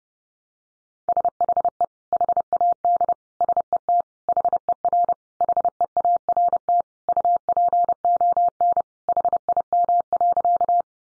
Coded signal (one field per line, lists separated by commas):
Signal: Morse code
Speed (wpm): 30 wpm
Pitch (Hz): 700 Hz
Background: none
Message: SHE HAD SET HER HEART UPON HIM.